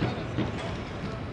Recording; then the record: background sound without coughing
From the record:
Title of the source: 30 MINUTES Construction Site Ambience (CC BY 4.0)